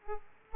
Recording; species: mosquito wingbeat signal from an infrared sensor; Aedes aegypti